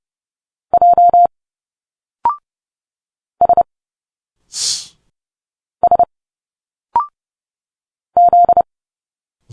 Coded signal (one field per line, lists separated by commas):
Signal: Morse code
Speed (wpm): 30 wpm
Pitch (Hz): 700 Hz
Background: none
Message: J S S Z